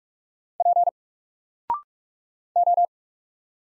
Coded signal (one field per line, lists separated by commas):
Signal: Morse code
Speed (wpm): 44 wpm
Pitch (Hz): 700 Hz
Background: none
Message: P O